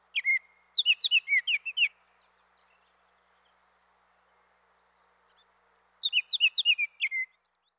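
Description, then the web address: Baltimore oriole song: a short phrase of clear, slurred whistled notes lasting about two seconds, then a pause, then a similar phrase near the end. "Dan Gibson Wildlife Identification By Sound, Eastern North America Pt 2. Baltimore Oriole"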